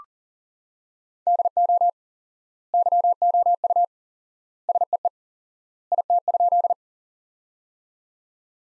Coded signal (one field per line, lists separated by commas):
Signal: Morse code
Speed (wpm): 40 wpm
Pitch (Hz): 700 Hz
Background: none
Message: DO YOU SEE IT?